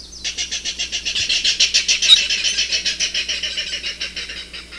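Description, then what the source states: Clapper rail giving a long, rapid series of harsh, dry clattering notes. Mangrove and mudflat marsh bird; varied calls including grunts and a clapping series, which loud noises such as a car door slamming can set off.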